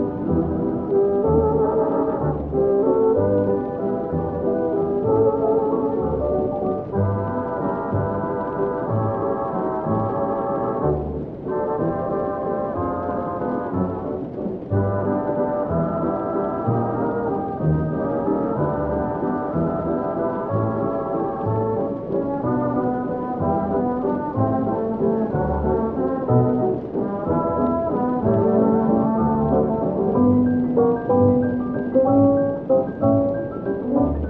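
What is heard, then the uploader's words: Halloween oldies play steadily in another room, a muffled, dense band-and-voice mix with no bright highs, pulsing beat, and shifting melody lines throughout. Halloween oldies playing in another room.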